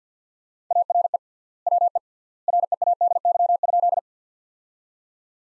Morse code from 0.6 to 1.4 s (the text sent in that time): ARE